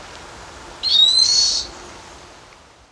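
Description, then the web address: White-banded tyrannulet giving a single thin, high, slightly rising note lasting under a second, against faint steady background noise. Recorded in Ecuador. "S America Birds of Ecuador. White-Banded Tyrannulet"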